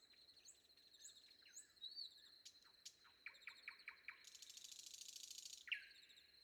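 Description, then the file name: Common nightingale song: a series of sharp notes and a long dry rattle, with other birds trilling and steady background hiss. Sung before dawn. "predawn nightingale"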